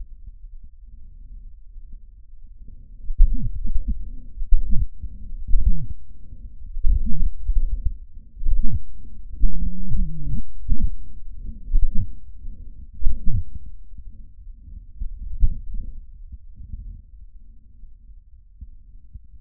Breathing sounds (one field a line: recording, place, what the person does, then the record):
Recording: lung sounds by stethoscope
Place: trachea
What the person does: quiet breathing, then cough and speech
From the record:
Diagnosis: COPD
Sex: male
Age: 72 years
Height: 172 cm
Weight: 58.6 kg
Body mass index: 19.8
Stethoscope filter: bell mode